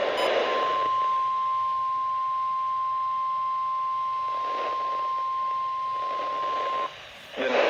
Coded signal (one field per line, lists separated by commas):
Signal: Emergency Alert System (SAME) tones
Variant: 1050 Hz attention tone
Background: speech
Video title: 6/8/20 Flash Flood Warning for Galveston County EAS